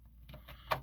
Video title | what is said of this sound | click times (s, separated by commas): Rebel Brick Lego factory update | um so it's there and it doesn't seem like it wants to to kind of snap in place so I'll just kind of leave it there | none